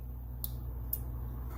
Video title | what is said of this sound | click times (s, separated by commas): Kwikset Smart Locks | put it right in that little hole and you're gonna hear a click we | 0.4 s, 0.9 s